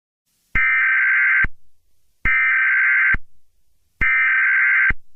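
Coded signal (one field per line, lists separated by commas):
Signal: Emergency Alert System (SAME) tones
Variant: header bursts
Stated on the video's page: Fictional EAS scenario with simulated alert tones.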